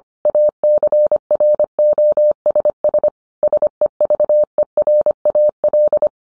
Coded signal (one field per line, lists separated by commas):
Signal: Morse code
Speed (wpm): 25 wpm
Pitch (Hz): 600 Hz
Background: none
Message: ACROSS SEVERAL